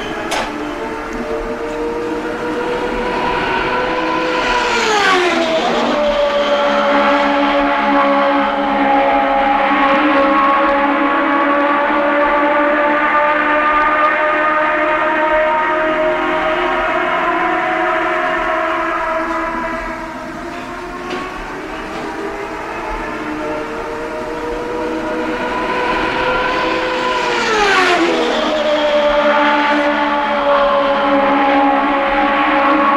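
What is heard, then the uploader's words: Turbocharged IndyCar V8 engines roar in a steady, loud, layered whine that hardly lets up. Around five seconds and again near twenty-seven seconds the pitch bends sharply downward as a car sweeps past, with a brief easing of the noise around twenty seconds. Pre-season testing for CART IndyCar Series teams at the one-mile Phoenix International Raceway oval where the glorious 2.65-liter turbocharged V8 engines rage.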